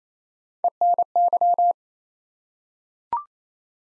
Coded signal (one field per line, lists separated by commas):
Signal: Morse code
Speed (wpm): 27 wpm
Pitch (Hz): 700 Hz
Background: none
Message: ENY